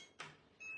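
A mixing bowl is re-seated into a kitchen robot base after the machine refused to start because the bowl was not properly engaged. A short, sharp click sounds at 0.2 s as the bowl seats, and a steady high-pitched tone follows from about 0.6 s.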